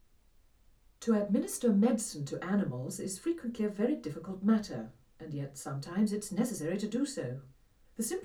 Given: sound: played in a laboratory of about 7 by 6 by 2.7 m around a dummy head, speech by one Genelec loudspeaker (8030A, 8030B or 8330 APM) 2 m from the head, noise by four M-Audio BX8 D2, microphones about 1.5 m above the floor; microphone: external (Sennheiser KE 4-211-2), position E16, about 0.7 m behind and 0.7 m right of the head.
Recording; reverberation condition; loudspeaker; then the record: female speech in English; low; 60 degrees to the left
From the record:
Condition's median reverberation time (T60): about 310 ms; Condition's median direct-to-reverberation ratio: about 3.5 dB